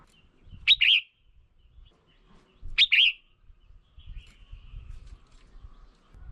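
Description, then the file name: Red-whiskered bulbul call notes: two sharp, slurred chirps about two seconds apart, with soft low rumbling in the background. Female. "tieng chao mao mai"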